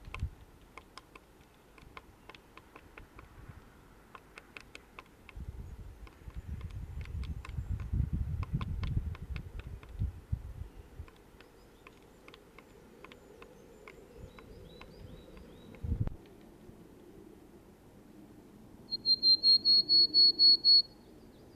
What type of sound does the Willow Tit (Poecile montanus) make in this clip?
song